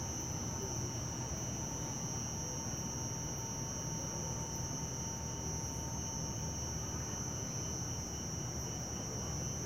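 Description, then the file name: Cricket chorus trilling steadily and unbroken at a high pitch, layered over a dense low-pitched hum of background noise. Residential ambience in late afternoon with many crickets. "Ambiencia residencial fim de tarde muitos grilos e cigarras, morcegos, moto passa no inicio e cigarras somem no final"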